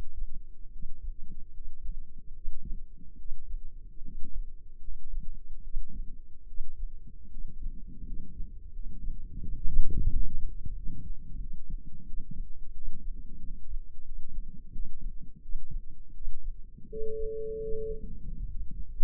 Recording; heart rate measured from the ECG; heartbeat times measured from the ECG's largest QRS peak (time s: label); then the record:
heart sounds by microphone in the left ear; 83 bpm
0.69 s: heartbeat
1.50 s: heartbeat
2.31 s: heartbeat
3.15 s: heartbeat
4.01 s: heartbeat
4.79 s: heartbeat
5.60 s: heartbeat
6.44 s: heartbeat
7.28 s: heartbeat
8.02 s: heartbeat
8.69 s: heartbeat
9.38 s: heartbeat
10.06 s: heartbeat
10.72 s: heartbeat
11.36 s: heartbeat
12.03 s: heartbeat
12.71 s: heartbeat
13.38 s: heartbeat
14.01 s: heartbeat
14.69 s: heartbeat
15.39 s: heartbeat
16.11 s: heartbeat
16.86 s: heartbeat
17.58 s: heartbeat
18.21 s: heartbeat
18.82 s: heartbeat
From the record:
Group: healthy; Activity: rest 0-17 s, Valsalva maneuver 17-19 s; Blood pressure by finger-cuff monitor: 120/68 mmHg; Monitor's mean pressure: 80 mmHg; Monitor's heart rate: 82 bpm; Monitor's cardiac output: 5.9 L/min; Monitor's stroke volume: 72 mL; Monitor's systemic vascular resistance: 970 dyn s/cm5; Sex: male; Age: 20 years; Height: 167 cm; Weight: 61 kg